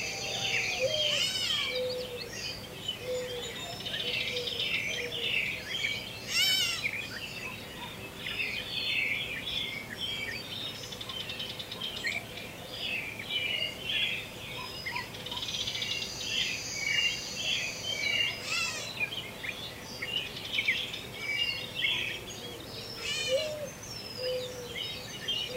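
Many birds sing and call continuously in morning woods, bright overlapping chirps and trills with a few lower calls over a steady low hum.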